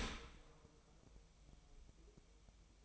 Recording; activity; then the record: daily activity, microphone in the room; open dishwasher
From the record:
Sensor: 1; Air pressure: 1004.7 hPa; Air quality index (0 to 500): 111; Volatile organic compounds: 4 ppm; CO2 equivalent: 1541 ppm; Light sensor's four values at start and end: 9/22/8/9 and 9/22/8/9